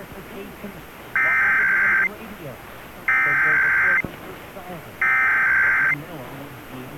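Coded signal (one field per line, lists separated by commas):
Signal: Emergency Alert System (SAME) tones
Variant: header bursts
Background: speech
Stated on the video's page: Required Monthly Test alert tones relayed by Chicago AM broadcast stations WGN 720, WMVP 1000, WBBM 780 and WSCR 670.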